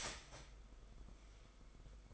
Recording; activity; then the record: daily activity, microphone in the room; start toaster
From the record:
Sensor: 5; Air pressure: 990.9 hPa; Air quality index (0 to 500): 144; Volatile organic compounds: 124 ppm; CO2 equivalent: 3898 ppm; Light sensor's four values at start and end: 35/112/43/45 and 35/112/43/45